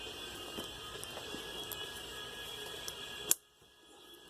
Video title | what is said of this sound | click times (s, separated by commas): How to do front u-joints THE RIGHT WAY on 2nd gen Ram 1500s | Pop, snaps right in place. | 3.3 s